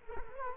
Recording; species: mosquito wingbeat signal from an infrared sensor; Culex quinquefasciatus